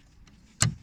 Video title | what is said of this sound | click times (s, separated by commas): HYUNDAI GETZ CABIN WATER TIGHTING LEAKING PROBLEM AND SOLUTION | evet, tık etti, oturdu. | 0.6 s